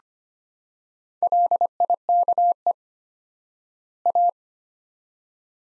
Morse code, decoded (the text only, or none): LIKE A